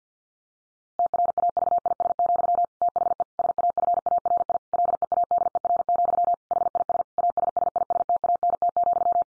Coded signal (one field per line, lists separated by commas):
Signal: Morse code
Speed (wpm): 50 wpm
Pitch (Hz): 700 Hz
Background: none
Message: TRAVIS, THE SAFARI LEADER, HIS ASSISTANT,